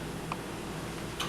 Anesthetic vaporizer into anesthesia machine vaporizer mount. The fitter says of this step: install the vaporizer into the machine make sure that is installed until you hear click